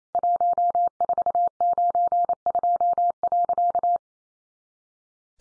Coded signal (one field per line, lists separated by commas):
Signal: Morse code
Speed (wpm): 28 wpm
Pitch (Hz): 700 Hz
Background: none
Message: 1492.